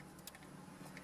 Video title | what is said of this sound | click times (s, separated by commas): Add Factory Navigation to SYNC 3 - 2016+ Ford Fiesta | the gray lever starts to move push the gray lever all the way past the lock till it clicks | 0.3 s